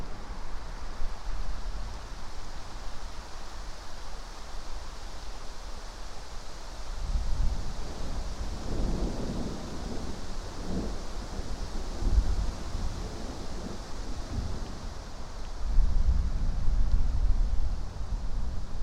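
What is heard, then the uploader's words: A passing thunderstorm rumbles low and heavy in a forest on a late spring afternoon, over a steady hiss of wind. Deep rolls of thunder swell from about seven seconds on, fading and returning, with another strong rumble near sixteen seconds. Passing Thunderstorm East Of Bear Mountain. A late spring afternoon in a small stand of Quaking Aspen growing beneath tall Ponderosa Pines beside a seasonally flooded meadow located east of Bear Mountain in Shasta-Trinity National Forest, Siskiyou County, California.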